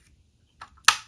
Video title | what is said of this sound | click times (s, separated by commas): Revell 1967 Chevrolet Chevelle SS 396 Build | there we go get the hood snapped in place | 0.9 s